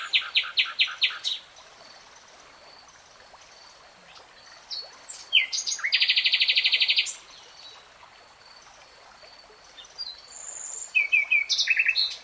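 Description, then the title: Nightingale song with clusters of sharp repeated notes, a loud buzzing trill lasting over a second, and later stuttering phrases after pauses. Singing in real time. "[Tiếng chim hót] 3 Hours REALTIME Nightingale Singing"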